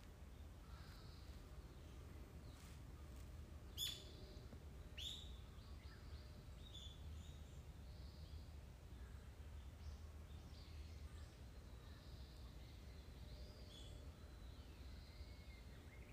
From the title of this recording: birds, woods, in walking